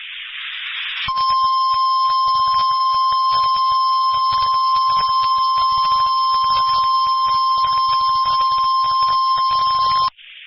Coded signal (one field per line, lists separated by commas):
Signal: Emergency Alert System (SAME) tones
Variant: 1050 Hz attention tone